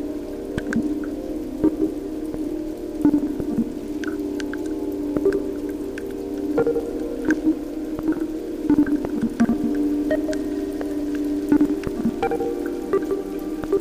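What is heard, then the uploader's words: Rain falls in an English field recording as scattered, irregular drops and taps, some sharp, spread across the whole stretch. Beneath them a steady low hum with a faint tonal quality runs without change, like machinery or traffic. A track inspired by Melissa Harrison's book RAIN, made using field recordings of English rainfall.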